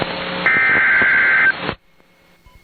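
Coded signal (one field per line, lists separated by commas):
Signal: Emergency Alert System (SAME) tones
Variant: header bursts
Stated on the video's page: Flash flood warning received on a Sangean Moment radio.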